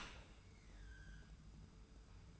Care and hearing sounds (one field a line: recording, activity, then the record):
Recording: daily activity, microphone in the room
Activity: open dishwasher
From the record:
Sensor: 2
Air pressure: 991.2 hPa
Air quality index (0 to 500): 140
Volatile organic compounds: 246 ppm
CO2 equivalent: 4350 ppm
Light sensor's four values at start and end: 39/113/45/43 and 39/113/45/43